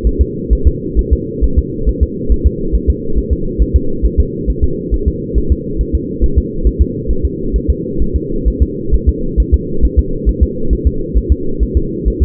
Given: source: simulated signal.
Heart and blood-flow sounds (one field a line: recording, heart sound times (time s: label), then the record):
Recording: fetal heart sounds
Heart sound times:
0.07 s: S1
0.22 s: S2
0.53 s: S1
0.67 s: S2
0.99 s: S1
1.13 s: S2
1.44 s: S1
1.58 s: S2
1.89 s: S1
2.03 s: S2
2.32 s: S1
2.47 s: S2
2.75 s: S1
2.90 s: S2
3.18 s: S1
3.33 s: S2
3.62 s: S1
3.76 s: S2
4.05 s: S1
4.20 s: S2
4.50 s: S1
4.64 s: S2
4.94 s: S1
5.08 s: S2
5.38 s: S1
5.52 s: S2
5.81 s: S1
5.95 s: S2
6.24 s: S1
6.38 s: S2
6.67 s: S1
6.81 s: S2
7.11 s: S1
7.25 s: S2
7.56 s: S1
7.70 s: S2
8.02 s: S1
8.16 s: S2
8.48 s: S1
8.62 s: S2
8.94 s: S1
9.09 s: S2
9.40 s: S1
9.54 s: S2
9.85 s: S1
9.99 s: S2
10.29 s: S1
10.43 s: S2
10.73 s: S1
10.87 s: S2
11.17 s: S1
11.32 s: S2
11.63 s: S1
11.77 s: S2
12.08 s: S1
12.22 s: S2
From the record:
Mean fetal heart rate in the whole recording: 135 bpm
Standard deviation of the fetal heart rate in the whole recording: 3 bpm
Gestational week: 34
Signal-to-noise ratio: -8.1 dB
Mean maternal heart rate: 72 bpm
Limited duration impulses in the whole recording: absent